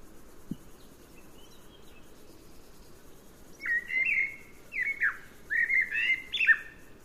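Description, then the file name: Common blackbird song: after about three and a half quiet seconds, several short mellow fluted notes, ending in a higher squeaky flourish. "Turdus merula"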